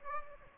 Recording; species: mosquito wingbeat signal from an infrared sensor; Aedes aegypti